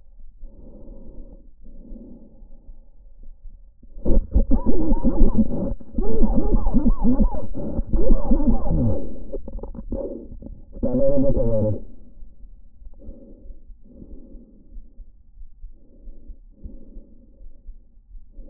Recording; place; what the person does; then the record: lung sounds by stethoscope; trachea; quiet breathing, then cough and speech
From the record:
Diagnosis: COPD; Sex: male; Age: 59 years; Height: 171 cm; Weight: 91.4 kg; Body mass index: 31.3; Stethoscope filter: diaphragm mode